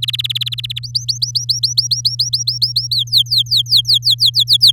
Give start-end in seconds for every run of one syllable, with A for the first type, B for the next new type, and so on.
0.02-0.79 A, 0.83-2.87 B, 2.91-4.71 C